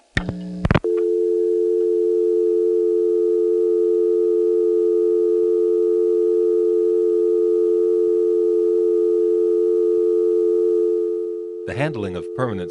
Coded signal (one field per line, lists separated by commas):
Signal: telephone call progress tone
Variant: North America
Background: speech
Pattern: dial tone